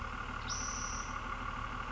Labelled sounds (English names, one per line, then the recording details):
Spotted Towhee
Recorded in Sonoma County, California